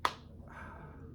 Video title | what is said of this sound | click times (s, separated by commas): What's On My Desk--2022 | and nothing really beats that satisfying click whenever you're done browsing whatever is your browsing and you close your phone | 0.0 s